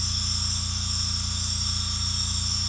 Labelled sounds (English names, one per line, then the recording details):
none
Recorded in secondary vegetation near Puerto Asís, Putumayo, Colombia, on 18 December 2024 at 21:00
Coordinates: 0.485, -76.322
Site GP08